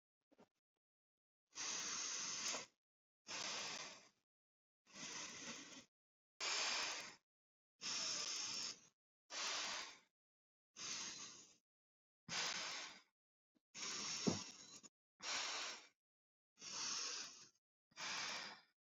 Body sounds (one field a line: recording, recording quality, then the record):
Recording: deep breathing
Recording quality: excellent, no background noise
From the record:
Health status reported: healthy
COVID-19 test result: negative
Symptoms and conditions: none ticked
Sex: female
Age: 21 years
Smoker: not ticked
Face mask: worn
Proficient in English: yes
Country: India